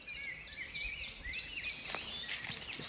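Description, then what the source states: Northern Parula song, a high buzzy trill. Male; rising trill, as if clearing his throat, ending in a sharp punch; spring, Porcupine Mountains Wilderness State Park, Upper Peninsula, Michigan.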